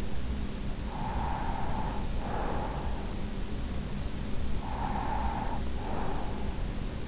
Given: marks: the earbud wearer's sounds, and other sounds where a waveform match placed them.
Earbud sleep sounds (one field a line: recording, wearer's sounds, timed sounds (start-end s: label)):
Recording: sounds in sleep by an in-ear microphone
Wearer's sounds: breath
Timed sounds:
0.57-3.43 s: breath
4.57-6.60 s: breath